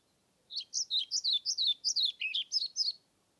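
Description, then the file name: European Pied Flycatcher song: a rapid phrase of many high, slurred, alternating notes lasting about two and a half seconds against a quiet background. Submitted recording dated 25 May 2021 from Nordvik, made with a Zoom recorder. "20210525 svarthvit nordvik zoom"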